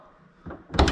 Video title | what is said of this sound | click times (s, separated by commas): Hatch Gas Strut Replacement Fox Body Mustang | the top hole it clicks into place again and that strut is now replaced | 0.8 s